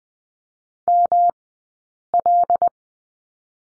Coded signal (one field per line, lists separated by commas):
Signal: Morse code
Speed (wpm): 20 wpm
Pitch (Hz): 700 Hz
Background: none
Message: ML